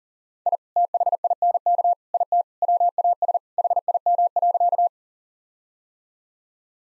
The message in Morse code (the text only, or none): I THINK IT WAS HIM.